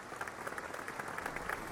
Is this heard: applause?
yes